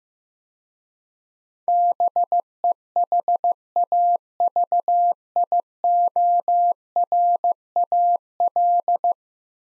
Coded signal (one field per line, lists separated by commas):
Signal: Morse code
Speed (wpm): 15 wpm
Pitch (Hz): 700 Hz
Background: none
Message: BEHAVIORAL